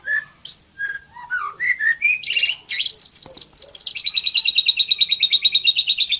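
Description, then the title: White-rumped shama singing: a few varied whistled notes climb upward, then break into a long rapid rattling trill that slowly drops in pitch. Song used as a tutor recording (masteran) to train cage songbirds. "Masteran Murai Batu"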